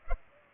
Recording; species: mosquito wingbeat signal from an infrared sensor; Culex pipiens